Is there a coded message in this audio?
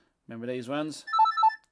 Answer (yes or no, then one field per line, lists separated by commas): no